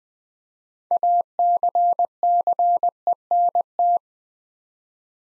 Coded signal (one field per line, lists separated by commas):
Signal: Morse code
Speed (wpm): 20 wpm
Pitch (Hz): 700 Hz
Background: none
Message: ACCENT